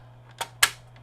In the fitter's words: there we go snapped into place